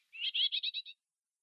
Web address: Schulze Peter Whitethroat calls